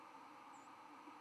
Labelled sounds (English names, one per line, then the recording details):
White-throated Sparrow flight call
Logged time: 05:06 on 11 November 2014